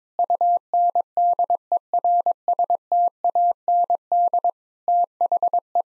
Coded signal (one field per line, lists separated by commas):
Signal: Morse code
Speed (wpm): 22 wpm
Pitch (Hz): 700 Hz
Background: none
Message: UNDERSTAND THE